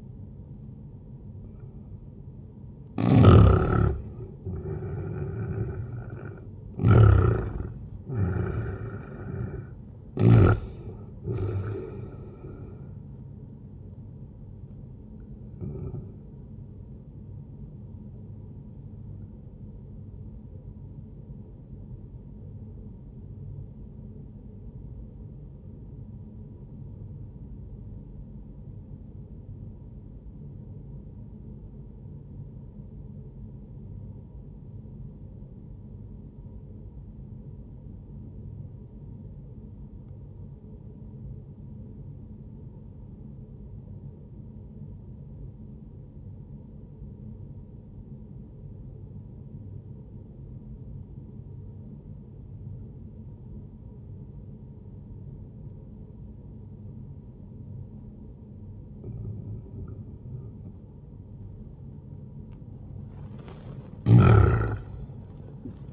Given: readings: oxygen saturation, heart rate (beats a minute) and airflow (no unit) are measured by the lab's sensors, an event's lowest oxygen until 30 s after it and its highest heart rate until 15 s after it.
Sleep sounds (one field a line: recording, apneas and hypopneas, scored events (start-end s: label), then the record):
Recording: breathing in sleep by a smartphone at the bedside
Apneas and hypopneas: 1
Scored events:
19.00-61.80 s: obstructive apnea (N1, oxygen 97% highest, then 89% lowest, heart rate 76 at the start, 78 highest)
From the record:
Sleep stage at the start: N1 (lightest sleep)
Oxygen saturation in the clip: 90 to 97%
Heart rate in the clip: 59 to 76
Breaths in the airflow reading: 5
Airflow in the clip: -10.4 to 15.2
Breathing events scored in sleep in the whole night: 131 in 7.2 hours asleep